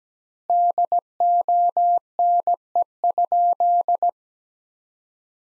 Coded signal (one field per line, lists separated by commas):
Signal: Morse code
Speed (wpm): 17 wpm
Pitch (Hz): 700 Hz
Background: none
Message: DONE?